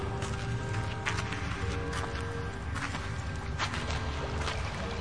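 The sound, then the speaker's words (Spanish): Water trickles and splashes steadily from a spring, a continuous bubbling wash with brief brighter drips scattered through it, moderately loud and with no voices. “Escucha, Becky. ¡Agua!”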